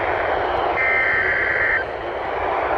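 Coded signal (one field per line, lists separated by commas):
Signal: Emergency Alert System (SAME) tones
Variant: header bursts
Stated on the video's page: Required weekly tests on NOAA weather radio transmitters, from two forecast offices.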